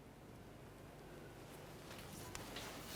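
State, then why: Seated. A wiring harness connector is slid into position on the fuel pump module of a 2004-2015 Nissan Titan during a fuel pump replacement. Over a steady low background noise with some light rustling, a single faint click is heard at 2.4 seconds as the connector seats.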